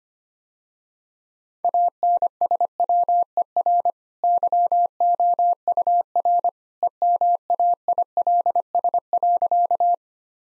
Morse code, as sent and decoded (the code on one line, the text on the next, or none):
.- -. ... .-- . .-. / -.-- --- ..- .-. / . -- .- .. .-.. ... .-.-.-
ANSWER YOUR EMAILS.